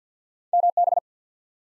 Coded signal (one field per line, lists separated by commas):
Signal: Morse code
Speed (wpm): 46 wpm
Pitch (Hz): 700 Hz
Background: none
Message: MB